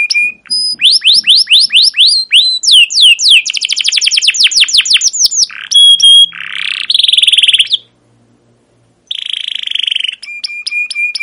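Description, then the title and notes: Canary singing a varied song: series of downward-sweeping chirps, a fast rolling trill, buzzy rattles, a pause, then more rattling and clipped notes. Long chattering 'cuit cuit ngerol' canary song used as a lure or master recording to train young canaries to sing. "CUIT CUIT NGEROL LANGSUNG GACOR PANJANG Kenari Ini AMPUH Utk Pancingan KENAR. PANCINGAN Kenari GACOR PANJANG Cuit CUIT EMOSI ini AMPUH utk MASTERAN Kenari PAUD belajar BUNYI. burung kenari"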